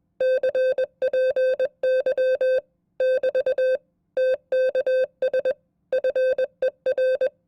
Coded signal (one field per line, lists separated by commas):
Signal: Morse code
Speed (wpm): 21 wpm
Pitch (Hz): 520 Hz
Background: none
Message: CPY <BT> TKS FER